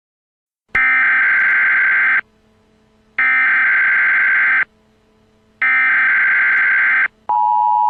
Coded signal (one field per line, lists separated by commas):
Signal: Emergency Alert System (SAME) tones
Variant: header bursts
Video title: EAS SCENARIO #2 - A-Hole